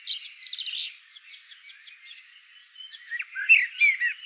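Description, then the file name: Common blackbird warbling in a dense stretch of fluted notes, with a brighter mellow phrase and squeaky twitter near the end. "Turdus merula"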